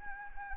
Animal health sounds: mosquito wingbeat signal from an infrared sensor; Anopheles arabiensis

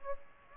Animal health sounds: mosquito wingbeat signal from an infrared sensor; Aedes aegypti

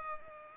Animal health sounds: mosquito wingbeat signal from an infrared sensor; Culex pipiens

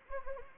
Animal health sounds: mosquito wingbeat signal from an infrared sensor; Anopheles arabiensis

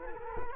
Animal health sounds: mosquito wingbeat signal from an infrared sensor; Culex quinquefasciatus

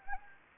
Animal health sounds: mosquito wingbeat signal from an infrared sensor; Anopheles gambiae

